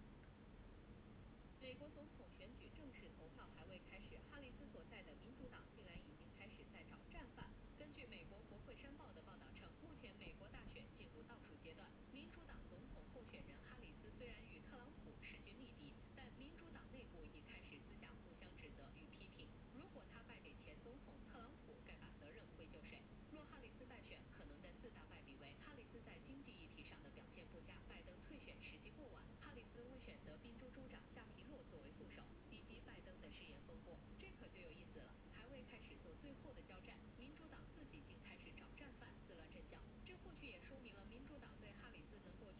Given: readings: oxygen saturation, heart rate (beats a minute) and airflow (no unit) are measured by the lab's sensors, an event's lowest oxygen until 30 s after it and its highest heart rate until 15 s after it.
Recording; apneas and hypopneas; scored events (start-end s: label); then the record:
a person awake in a sleep study, by a voice recorder at the bedside; none
0.00-42.59 s: awake
From the record:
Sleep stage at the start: awake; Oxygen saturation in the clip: 95 to 96%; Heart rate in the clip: 68 to 76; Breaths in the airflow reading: 9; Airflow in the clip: -3.7 to 5.9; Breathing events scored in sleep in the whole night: 131 in 7.2 hours asleep